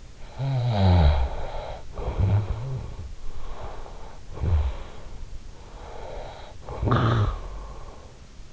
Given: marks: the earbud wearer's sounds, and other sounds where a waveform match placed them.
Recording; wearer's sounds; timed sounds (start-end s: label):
sounds in sleep by an in-ear microphone; snoring breath
0.00-3.26 s: snoring breath
3.52-5.77 s: snoring breath
6.29-7.83 s: snoring breath